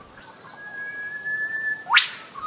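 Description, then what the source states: Eastern whipbird whip call: a long steady whistle ending in one explosive whip-crack sweeping sharply upward, with faint background chirps from other birds. Recorded in Warragul, Victoria, Australia.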